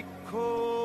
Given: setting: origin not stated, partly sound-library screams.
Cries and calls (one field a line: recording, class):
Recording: one-second piece from a danger detection set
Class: normal situation